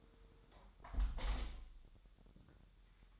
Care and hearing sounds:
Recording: daily activity, microphone in the room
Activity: close window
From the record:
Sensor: 3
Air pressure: 999.9 hPa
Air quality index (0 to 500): 226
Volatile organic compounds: 96 ppm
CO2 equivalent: 3727 ppm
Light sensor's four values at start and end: 10/23/9/9 and 9/22/9/9

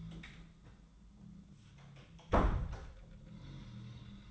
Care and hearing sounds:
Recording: daily activity, microphone in the room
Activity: close door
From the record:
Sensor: 3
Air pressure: 1004.9 hPa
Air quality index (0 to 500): 76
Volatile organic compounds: 2 ppm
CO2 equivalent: 1144 ppm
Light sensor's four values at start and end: 8/20/8/8 and 8/20/8/8

